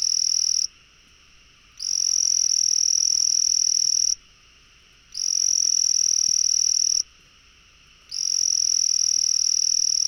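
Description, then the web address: Frog producing repeated high, unwavering trills, most about two seconds long, with gaps of about a second between them. Four bouts are heard. "frog rec 150520"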